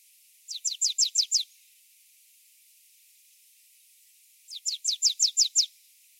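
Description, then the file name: Marsh tit producing two fast strings of six or seven piercing, falling notes separated by a gap of roughly three seconds, with faint hiss behind. "Poecile palustris"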